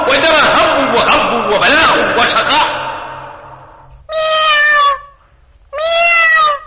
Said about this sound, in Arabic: رائحة الشوال تنبعث من غير هذا المكان، فاذهبي إليه وموئي عنده كيف تشائين حتى يرق لك قلب من فيه ويلين.